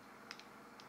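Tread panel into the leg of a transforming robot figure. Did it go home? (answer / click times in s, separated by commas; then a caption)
yes / 0.3 s. A second plastic tread panel on a transforming robot figure is flipped up and closed into the figure's leg, snapping into place with a sharp click at 0.3 s. Two fainter ticks follow at about 0.4 s and 0.8 s. The panel is seated.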